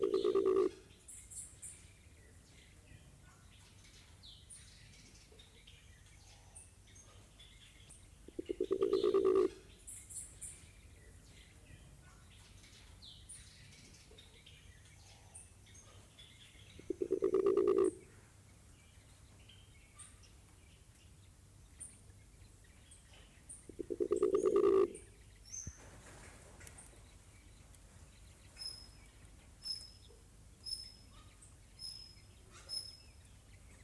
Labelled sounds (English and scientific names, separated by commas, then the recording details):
Mindanao Bleeding-heart (Gallicolumba crinigera) call
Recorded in captivity
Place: Tiergarten Wilhelma/Stuttgart, Baden-Württemberg, DE
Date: 2005-03-14 11:11
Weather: fair, 4-8°C
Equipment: Sony WM-D6C, Sony ECM-MS 907, Kopie Uher 4000 Report Monitor
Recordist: Tembrock, Günter